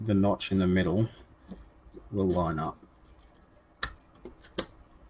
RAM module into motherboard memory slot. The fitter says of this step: it should click into place make sure you hear the nice two clicks yep